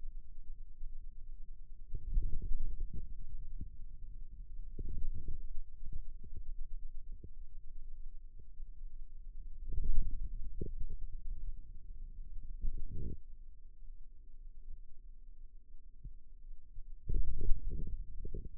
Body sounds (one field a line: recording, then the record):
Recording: forearm muscle sounds (acoustic myography)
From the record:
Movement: radial deviation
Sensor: system 2, bracelet of six BSWA MPA416 microphones around the upper forearm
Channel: 3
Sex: male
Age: 22 years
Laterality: right